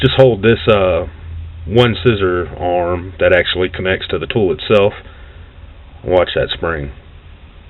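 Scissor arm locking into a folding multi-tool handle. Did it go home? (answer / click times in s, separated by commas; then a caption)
no / none. A scissor arm on a Leatherman Wingman folding multi-tool is held at the tool while someone talks, the spring-loaded scissors ready to be let go so the arm can snap into its locked position in the handle. Only speech is heard, and the scissor arm has not locked or clicked into place yet.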